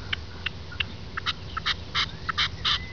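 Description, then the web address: Partridge calls: about a dozen short notes in uneven bursts over three seconds, above a low background rumble. Two songs. "2 cants perdiu"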